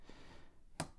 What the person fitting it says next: slides right on, and clicks into place.